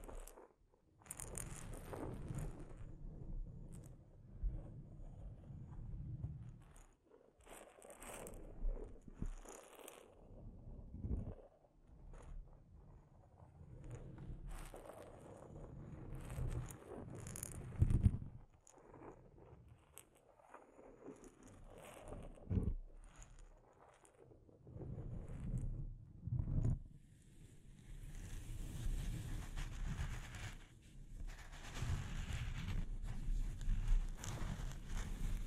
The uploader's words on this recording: ASMR Delicate Mic Scratching and Tapping Triggers.